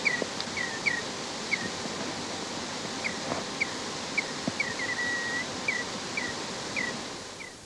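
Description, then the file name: Tawny-throated dotterel sounding thin, descending whistles at irregular intervals, one drawn-out note midway, over a steady background hiss. "chorlocabezon"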